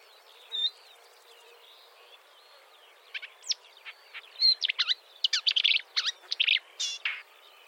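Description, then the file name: Marsh warbler song: quiet soft notes at first, then a lively rapid jumble of sharp, varied high chirps and chatters. "suara kicauan burung marsh warbler. omkicau"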